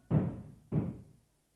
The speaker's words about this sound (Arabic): قبضنا على شاب من طبرستان يا أمير المؤمنين بالأمس. وبعد؟ منذ أن ألقينا به في السجن وهو يخبط الأبواب ويطلب مقابلتك.